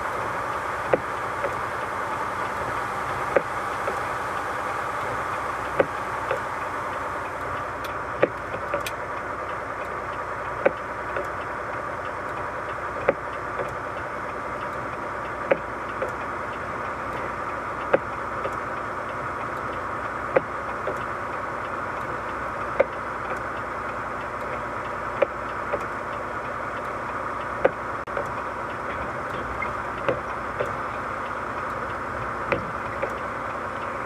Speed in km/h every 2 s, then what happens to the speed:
41, 40, 41, 41, 40, 40, 40, 40, 41, 40, 41, 41, 41, 41, 41, 40, 41.
0-34 steady at about 41.